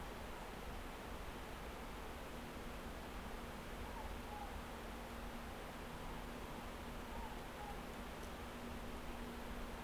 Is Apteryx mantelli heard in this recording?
no